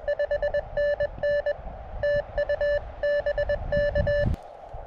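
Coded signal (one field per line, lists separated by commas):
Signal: Morse code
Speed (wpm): 21 wpm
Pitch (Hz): 2900 Hz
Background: none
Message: 5NN TU BK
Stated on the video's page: Summit activations in New Mexico, portable ham radio operation from two summits.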